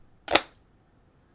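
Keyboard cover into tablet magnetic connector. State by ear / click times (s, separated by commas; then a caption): seated / 0.4 s. A detachable keyboard cover is brought to the magnetic connector edge of a Microsoft Surface Pro tablet and snaps on with a single sharp, bright click at 0.4 s that fades quickly into near silence. The strong magnet pulls the cover in and it seats on the tablet.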